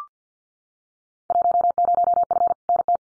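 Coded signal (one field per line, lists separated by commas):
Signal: Morse code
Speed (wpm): 50 wpm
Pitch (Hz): 700 Hz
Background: none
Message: 10F NT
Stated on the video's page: Morse head-copy drill of randomly selected Field Day exchanges at 50 wpm.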